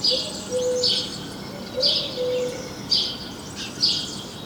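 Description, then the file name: House sparrow calling with bursts of high chirps roughly once a second, while a lower plain whistle sounds twice beneath them. "Passer domesticus"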